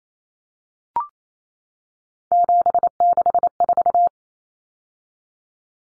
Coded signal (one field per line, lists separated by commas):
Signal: Morse code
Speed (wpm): 28 wpm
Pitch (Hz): 700 Hz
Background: none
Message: 764